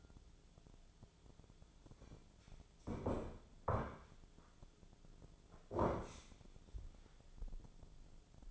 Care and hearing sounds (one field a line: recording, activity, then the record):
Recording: daily activity, microphone in the room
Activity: sit down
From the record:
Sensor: 5